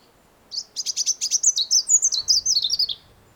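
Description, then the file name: European robin singing a rapid run of high, scratchy notes that slide downward into warbled twitters, delivered as one continuous phrase lasting under three seconds. "Erithacus rubecula"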